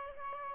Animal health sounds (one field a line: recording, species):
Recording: mosquito wingbeat signal from an infrared sensor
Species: Aedes aegypti